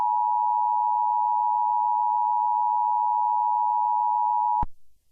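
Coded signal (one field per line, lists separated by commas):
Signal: Emergency Alert System (SAME) tones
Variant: 853 and 960 Hz attention tone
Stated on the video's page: Fictional EAS scenario of an April Fools serial killer in Arizona; fake, not for broadcast.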